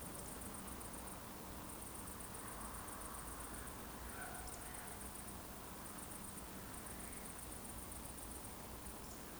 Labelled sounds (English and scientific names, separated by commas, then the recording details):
Eurasian Woodcock (Scolopax rusticola) whistle
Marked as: whistle, whistle, whistle
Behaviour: display flight
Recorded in Baden-Württemberg, Germany, on 23 June 2020 at 20:39 UTC
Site 14569, 102 m above sea level